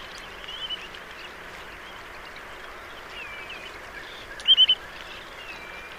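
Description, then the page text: Terek sandpiper call: a quick burst of three clear fluty notes late, with a few fainter whistles over a steady rushing background. "Мородунка. Большая российская энциклопедия. Xenus cinereus"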